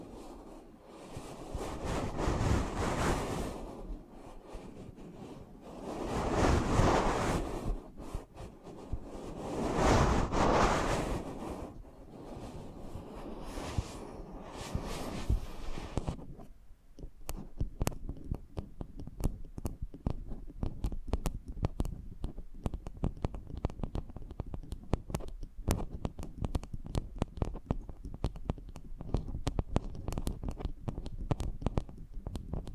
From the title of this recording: ASMR Intimate Eardrum Massage